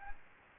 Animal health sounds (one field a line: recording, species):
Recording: mosquito wingbeat signal from an infrared sensor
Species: Aedes aegypti